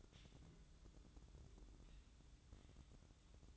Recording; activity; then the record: daily activity, microphone in the room; take from stove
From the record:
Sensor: 3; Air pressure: 1008.1 hPa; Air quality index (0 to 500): 134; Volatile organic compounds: 2 ppm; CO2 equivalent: 1104 ppm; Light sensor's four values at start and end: 8/20/8/8 and 8/20/8/8